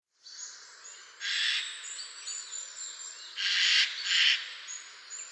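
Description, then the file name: Eurasian jay giving harsh, raspy screeches, one early and then two close together later, over steady hiss. "Garrulus glandarius"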